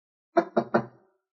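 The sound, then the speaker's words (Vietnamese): Three quick knocks on the door of the last stall in a restroom, in an even rhythm, each a sharp thud with a short dull ring, clear and alone with no talking. “Nghe thấy tiếng gõ cửa, Dũng giật thót mình và nhận ra vừa rồi quá nóng giận nên đã hơi to tiếng.”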